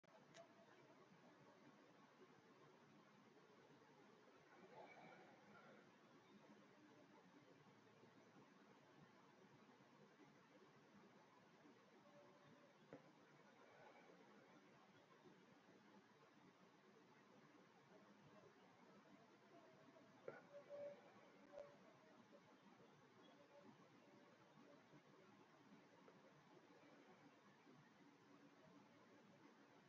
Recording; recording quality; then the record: deep breathing; excellent, no background noise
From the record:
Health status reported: healthy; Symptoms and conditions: none ticked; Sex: male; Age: 42 years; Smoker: not ticked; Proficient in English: yes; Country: India